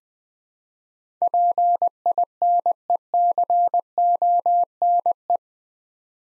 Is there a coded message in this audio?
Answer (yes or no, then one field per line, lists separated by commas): yes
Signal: Morse code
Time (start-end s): 1.2-5.4 s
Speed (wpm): 20 wpm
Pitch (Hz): 700 Hz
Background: none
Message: PINECONE